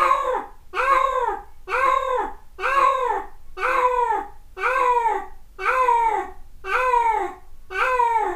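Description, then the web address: Cat meowing, a steady series of loud, wailing meows, each rising then falling, repeated roughly once a second. Recorded 1 May 2008. "cat cat 20080501"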